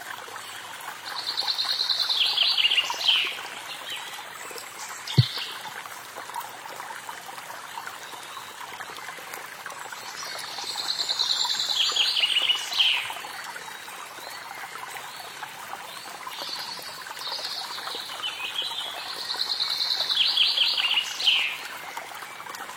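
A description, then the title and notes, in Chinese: A quiet stream trickles steadily while a bird sings bright, warbling phrases every few seconds, with a single sharp tap around five seconds. 安静的溪流声。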